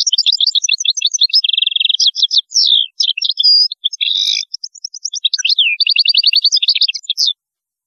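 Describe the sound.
European goldfinch singing continuously: fast, bright twitters mixed with dry buzzy trills and sweeping notes, lively and unbroken for seven seconds.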